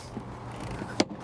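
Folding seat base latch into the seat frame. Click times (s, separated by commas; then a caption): 1.0 s. On the upper station of a Cutwater C-32 boat, with the cushion unclipped, the folding seat base is folded up and latches into the seat frame. A single sharp click is heard at 1.0 s over a low, steady background hum. The seat base locks into place.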